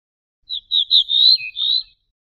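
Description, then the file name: Ortolan bunting song: a short phrase of high, ringing notes on a nearly level pitch, a brief lower note, then one final high drawn-out note. "suara kicauan ortolan"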